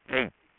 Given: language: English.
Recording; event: throat vibration sensor signal played as sound; speech